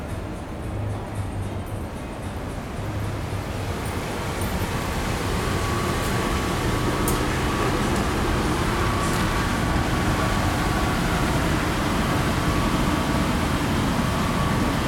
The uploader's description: Field-recorded at Kabuki-cho and Golden-Gai street in Shinjuku, Tokyo.